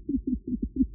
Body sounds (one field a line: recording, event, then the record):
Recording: neck accelerometer signal played as sound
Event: no cough (speech, laughter, throat clearing or background)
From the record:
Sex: female